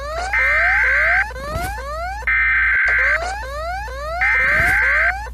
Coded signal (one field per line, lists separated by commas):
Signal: Emergency Alert System (SAME) tones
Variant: header bursts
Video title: Rating EAS Alarms Part 4: Idk